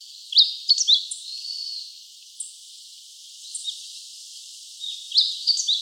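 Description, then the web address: Meadow bunting song phrases of rapid, sharp, high chirps and slurred notes, one burst at the start and another toward the end, with soft hiss between. Recorded 23 February 2018. "birdenaga hojiro S 180223"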